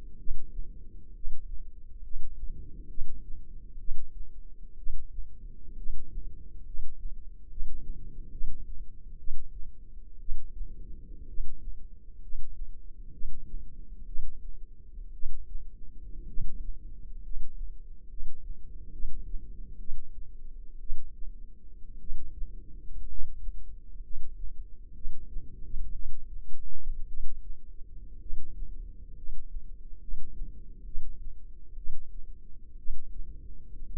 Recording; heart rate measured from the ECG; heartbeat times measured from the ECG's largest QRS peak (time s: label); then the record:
heart sounds by microphone in the left ear; 62 bpm
0.18 s: heartbeat
1.14 s: heartbeat
2.02 s: heartbeat
2.88 s: heartbeat
3.78 s: heartbeat
4.77 s: heartbeat
5.76 s: heartbeat
6.65 s: heartbeat
7.49 s: heartbeat
8.31 s: heartbeat
9.18 s: heartbeat
10.19 s: heartbeat
11.27 s: heartbeat
12.21 s: heartbeat
13.12 s: heartbeat
14.06 s: heartbeat
15.12 s: heartbeat
16.27 s: heartbeat
17.22 s: heartbeat
18.08 s: heartbeat
18.91 s: heartbeat
19.78 s: heartbeat
20.79 s: heartbeat
21.99 s: heartbeat
23.07 s: heartbeat
24.02 s: heartbeat
24.93 s: heartbeat
25.93 s: heartbeat
27.07 s: heartbeat
28.19 s: heartbeat
29.15 s: heartbeat
30.00 s: heartbeat
30.84 s: heartbeat
31.76 s: heartbeat
32.77 s: heartbeat
33.86 s: heartbeat
From the record:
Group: healthy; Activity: rest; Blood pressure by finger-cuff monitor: 160/70 mmHg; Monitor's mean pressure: 93 mmHg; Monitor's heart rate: 63 bpm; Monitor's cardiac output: 6.7 L/min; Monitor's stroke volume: 107 mL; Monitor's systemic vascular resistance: 1000 dyn s/cm5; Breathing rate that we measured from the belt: 11 breaths a minute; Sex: male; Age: 25 years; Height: 170 cm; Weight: 70.4 kg